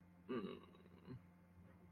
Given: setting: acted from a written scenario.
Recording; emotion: vocal sound without words; guilt